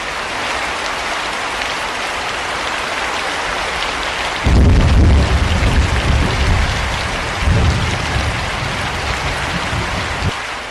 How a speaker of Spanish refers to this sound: Van subiendo las escaleras que conducen al Camposanto cuando empieza a llover fuertemente.